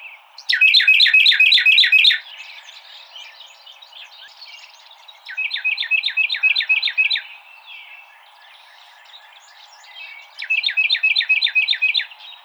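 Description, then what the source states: Carolina wren song: three loud bursts of quick repeated rolling phrases, each about one and a half seconds long, separated by quieter pauses. Recorded 26 March 2007.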